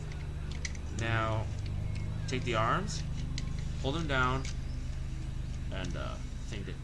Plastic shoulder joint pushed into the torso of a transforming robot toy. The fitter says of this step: inside until you hear a click